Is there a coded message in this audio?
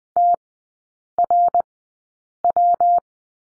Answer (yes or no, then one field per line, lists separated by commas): yes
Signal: Morse code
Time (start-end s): 0.2-3.0 s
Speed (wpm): 20 wpm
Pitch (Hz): 700 Hz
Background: none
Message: TRW